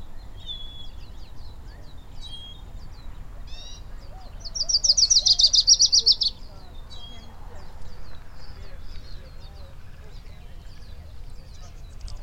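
Lucy's warbler singing a quick, bright trill of rapidly repeated high notes for about one and a half seconds, with soft scattered chips before and after.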